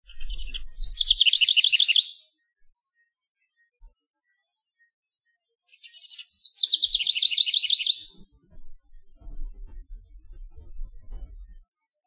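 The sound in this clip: House wren song: two bubbly, rapid trilled phrases cascading downward in pitch, about six seconds apart, with faint low rumbling noise at the start and near the end.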